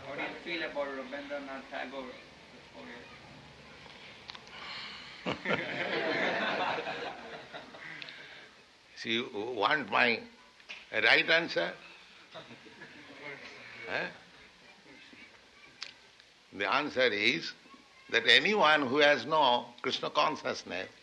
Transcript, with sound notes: How do you feel about Rabindranath Tagore, the poet? [laughs]
[laughter] So you want my right answer? The answer is that anyone who has no Kṛṣṇa consciousness,